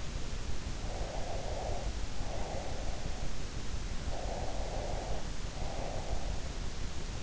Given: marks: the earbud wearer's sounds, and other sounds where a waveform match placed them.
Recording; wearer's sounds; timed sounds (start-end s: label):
sounds in sleep by an in-ear microphone; breath
0.77-3.36 s: breath
4.13-6.56 s: breath